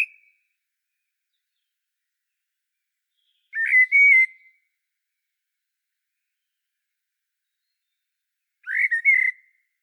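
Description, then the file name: Common blackbird giving two short fluted phrases about five seconds apart, with silence between, after the tail of an earlier phrase at the start. "Turdus merula"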